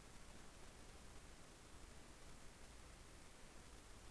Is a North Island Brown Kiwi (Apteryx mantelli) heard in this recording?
no